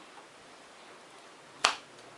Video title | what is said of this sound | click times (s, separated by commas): Building a Gaming Computer pt3 | all right that's going to snap into place same thing with that one snap you'll see it when you're pushing it in | 1.7 s